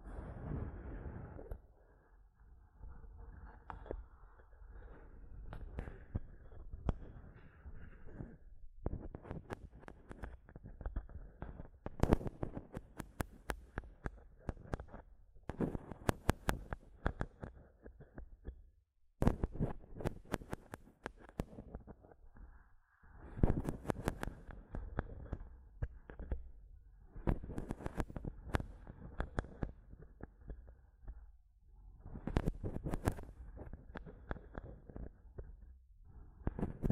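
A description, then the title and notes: Fingers tap and scratch on a microphone, producing dense runs of sharp, thumping clicks with a heavy low rumble. Bursts come in clusters several seconds long, separated by brief pauses near 2, 8, 19 and 31 seconds, with occasional brighter, louder knocks. ASMR Mic Tapping and Scratching (No Talking).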